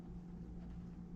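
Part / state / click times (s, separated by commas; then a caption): plastic terminal lock clip into fuel pump connector housing / not seated / none. A plastic locking clip is being pushed down over a fuel pump connector housing to hold the terminals and rubber seals in place, part of a DIY dual fuel pump setup for a GTO fuel system. Only a steady low hum with a strong tone near 200 Hz is heard, with no sharp sounds. Nothing has clicked or seated yet.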